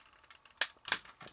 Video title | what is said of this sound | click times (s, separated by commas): Masterpiece Brave Series - Dragon Kizer | so it just pops into place right there | 0.6 s